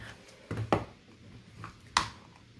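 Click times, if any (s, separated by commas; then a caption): 2.0 s. The plastic helmet piece of a 12-inch Lightyear XL-15 Space Ranger Gear Buzz Lightyear action figure is lined up and pushed onto the figure's vest and back piece. Light plastic knocks and taps are heard around 0.5, 0.7 and 1.6 seconds before a sharp click at 2.0 seconds as the helmet seats in place.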